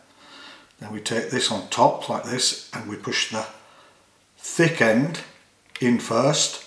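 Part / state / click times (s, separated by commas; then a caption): fly-tying fibre clip holding CDC feather fibres / not seated / none. A metal fly-tying fibre clip is loaded with CDC hackle fibres laid on top, and the thick end is pushed in first while someone talks. Only handling is heard; nothing has seated or clicked yet.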